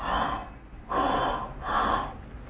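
Mouth imitation of hollow, blowing breaths with equal-length inspiration and expiration and a gap between them: bronchial breathing, as over consolidated lung.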